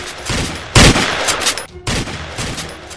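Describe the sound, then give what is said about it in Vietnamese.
A volley of gunfire crackles outside in the street at night through a dense, noisy wash, with one especially loud, sharp blast standing out among repeated bursts and a brief lull before the shooting resumes. “Bất ngờ, một loạt súng vang lên bên ngoài, những tia sáng màu vàng loằng nhoằng trong đêm tối.”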